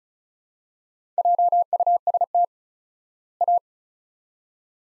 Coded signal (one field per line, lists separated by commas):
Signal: Morse code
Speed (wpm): 36 wpm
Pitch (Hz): 700 Hz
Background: none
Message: JUST A